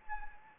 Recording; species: mosquito wingbeat signal from an infrared sensor; Anopheles arabiensis